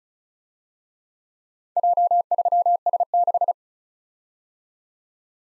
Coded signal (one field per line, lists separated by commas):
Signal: Morse code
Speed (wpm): 40 wpm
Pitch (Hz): 700 Hz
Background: none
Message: J3S6